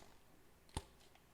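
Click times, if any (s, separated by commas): 0.8 s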